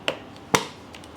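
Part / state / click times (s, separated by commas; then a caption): throttle linkage rod into chainsaw carburetor/throttle lever / seated / 0.6 s. During a rebuild of a trash-picked Stihl 025 chainsaw, the plastic/metal throttle linkage rod is pressed into the throttle lever in the carburetor area until it snaps back in place. A sharp click at 0.1 s is followed by the loudest sharp snap at 0.6 s, then fainter ticks near 0.4, 1.0 and 1.2 s. The linkage is seated.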